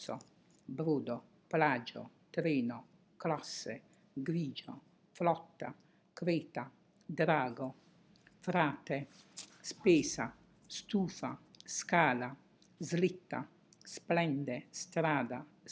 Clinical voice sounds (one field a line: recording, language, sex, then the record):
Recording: read list of words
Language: Italian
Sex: female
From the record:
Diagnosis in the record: healthy control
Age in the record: 68 years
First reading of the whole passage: 56 s, 9.3 characters per second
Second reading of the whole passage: 53 s, 9.8 characters per second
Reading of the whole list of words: 52 s, 5.4 characters per second